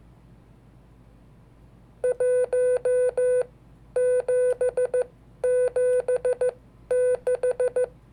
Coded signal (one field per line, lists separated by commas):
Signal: Morse code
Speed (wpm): 14 wpm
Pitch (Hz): 500 Hz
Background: none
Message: 1776